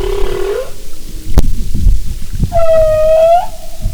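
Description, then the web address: Humpback whale moans: a short low call that ends in an upward twist, a click, then a clear tonal cry with bright harmonics, with underwater rumble. "Sound and Marine Mammals humpback"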